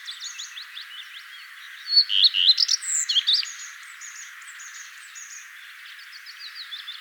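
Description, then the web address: Common redstart song: a brief burst of high, rapid, varied notes, with quieter thin notes before and after. "vogelstimmen gartenrotschwanz gesang nabu lars lachmann"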